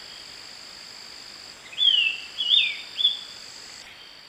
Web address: Natures Songs S America Eastern Lowlands. Corythopis torquatus, song